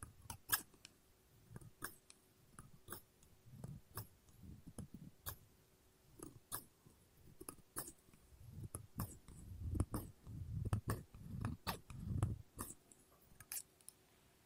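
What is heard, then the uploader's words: Scissors snipping and cutting paper, with sharp crisp clicks scattered irregularly through the whole stretch, sometimes in quick pairs. Between the snips come soft, low rustling and crinkling of paper, swelling louder and denser around the ten to twelve second mark. ASMR Scissors No Talking Snips and Cutting Paper.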